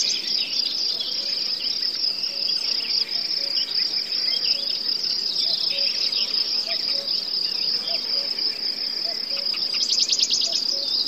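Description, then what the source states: Forest birds, cuckoos and crickets: crickets in a steady high shrill trill throughout, with scattered bird chirps and a short rapid bird trill near the end. Forest; birds, cuckoos and crickets heard together.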